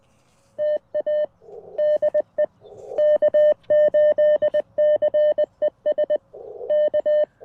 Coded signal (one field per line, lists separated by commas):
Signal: Morse code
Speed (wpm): 21 wpm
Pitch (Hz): 600 Hz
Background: none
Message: TA DE K8CES K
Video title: Knee-POTA! Chilly Sunday Morning CW Activation with the CFT1!